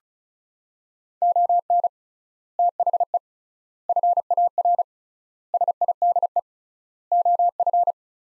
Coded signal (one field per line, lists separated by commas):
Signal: Morse code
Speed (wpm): 36 wpm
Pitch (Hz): 700 Hz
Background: none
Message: ON THE FAR SIDE OF